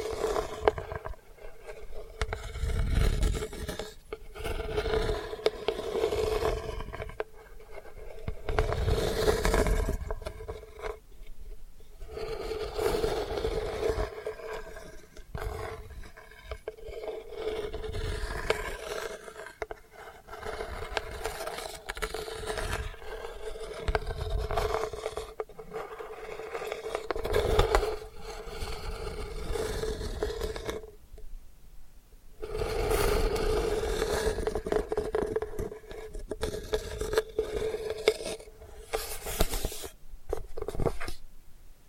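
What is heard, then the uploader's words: Delicate scratching runs through the whole clip in short, uneven strokes, bright and papery, with soft low thumps under some of them. A faint steady hum sits beneath it all, and brief near-silent pauses break the scratching around 12, 17 and 32 seconds. ASMR Delicate Scratching for Sleep (No Talking).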